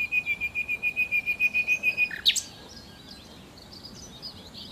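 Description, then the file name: Common nightingale delivering a rapid series of clear, even whistled notes, broken off by a sharp high note, followed by soft, scattered chirps. "Nachtigall"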